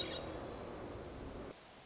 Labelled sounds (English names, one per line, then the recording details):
Hermit Thrush
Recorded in Sonoma County, California